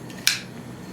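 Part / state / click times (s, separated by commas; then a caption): hammer catching in the cocked position on a small semi-automatic pistol / seated / 0.3 s. The hammer of a small Fenix Arms 25 semi-automatic pistol is pulled back until it catches in the cocked position. A single sharp click is heard at 0.3 s against a quiet background. The pin is back in place and the pistol is cocked, ready to fire.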